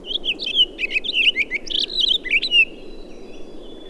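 Townsend's solitaire song: a continuous run of rapid, varied warbling notes for about two and a half seconds, followed by a faint thin tone.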